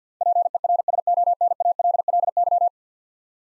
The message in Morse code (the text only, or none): PERSONALLY